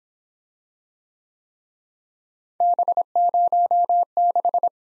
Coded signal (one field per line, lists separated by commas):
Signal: Morse code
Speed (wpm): 22 wpm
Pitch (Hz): 700 Hz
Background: none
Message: B06